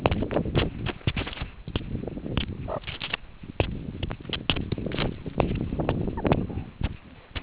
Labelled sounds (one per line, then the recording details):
meerkat close call
meerkat short note
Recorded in the Kuruman River Reserve, South Africa
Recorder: an audio tag on a meerkat's collar